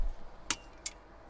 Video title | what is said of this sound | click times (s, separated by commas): 2-Mag Review: Saiga 9 pistol caliber carbine | so it's quite a stiff you gotta give it a bang it doesn't click in like other mags | 0.5 s